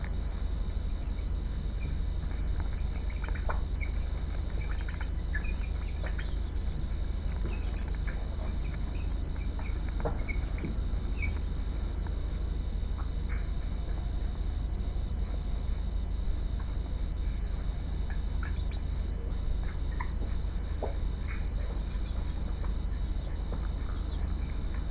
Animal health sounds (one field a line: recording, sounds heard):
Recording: poultry house recording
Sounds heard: healthy chickens